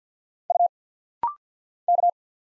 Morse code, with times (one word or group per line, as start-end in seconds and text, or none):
0.5-0.7 U
1.9-2.1 K